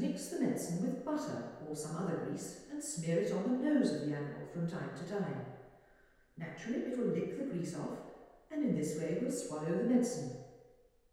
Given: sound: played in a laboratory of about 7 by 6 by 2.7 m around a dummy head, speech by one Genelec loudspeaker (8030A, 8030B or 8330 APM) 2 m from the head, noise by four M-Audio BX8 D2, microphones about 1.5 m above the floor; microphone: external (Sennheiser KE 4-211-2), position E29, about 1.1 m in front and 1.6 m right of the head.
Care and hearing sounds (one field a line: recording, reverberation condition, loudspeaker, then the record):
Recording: female speech in English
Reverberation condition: high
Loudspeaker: 150 degrees to the left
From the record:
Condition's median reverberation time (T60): about 1300 ms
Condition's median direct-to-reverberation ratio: about -4.0 dB